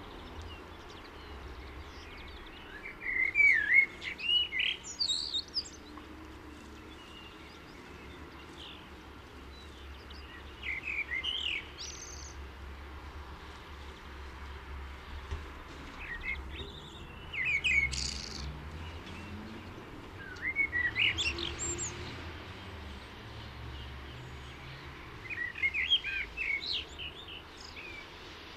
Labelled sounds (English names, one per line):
Common Blackbird song